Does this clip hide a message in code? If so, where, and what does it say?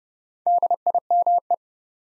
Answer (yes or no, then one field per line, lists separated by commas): yes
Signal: Morse code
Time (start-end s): 0.5-1.5 s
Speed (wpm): 30 wpm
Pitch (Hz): 700 Hz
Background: none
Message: DIME